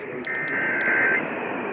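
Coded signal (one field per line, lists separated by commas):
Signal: Emergency Alert System (SAME) tones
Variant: header bursts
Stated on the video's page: Tennessee Required Monthly Test originated from the state emergency agency and relayed to all Tennessee radio and TV stations.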